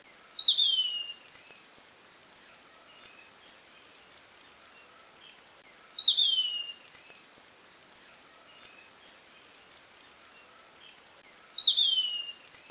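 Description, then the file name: Plumbeous kite giving a high, thin whistle that slides steeply downward, repeated three times about every five and a half seconds, with faint chirps from other birds between. "Canto do Sovi"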